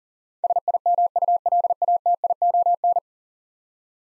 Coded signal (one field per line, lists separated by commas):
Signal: Morse code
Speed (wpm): 38 wpm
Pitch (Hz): 700 Hz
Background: none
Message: SIMULATION